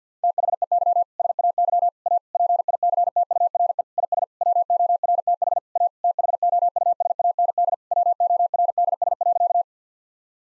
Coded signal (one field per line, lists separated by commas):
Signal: Morse code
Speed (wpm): 50 wpm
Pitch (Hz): 700 Hz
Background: none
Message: THEY SAY A PICTURE IS WORTH A THOUSAND WORDS.